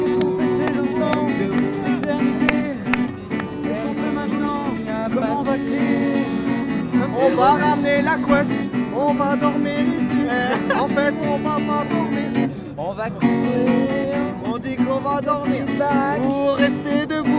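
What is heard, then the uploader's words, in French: A Nuit Debout gathering at Place du Bouffay in Nantes, full of dense, overlapping voices with rising and falling pitch, much like singing or music. The level stays loud and steady, with brief lulls near three and thirteen seconds. Nuit Debout à Nantes Place du Bouffay.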